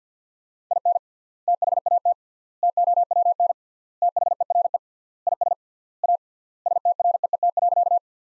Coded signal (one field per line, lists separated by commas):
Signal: Morse code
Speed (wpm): 50 wpm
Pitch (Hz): 700 Hz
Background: none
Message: IN THAT TOWN THERE IS A STREET.